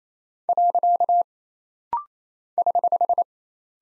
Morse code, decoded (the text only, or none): . <HH>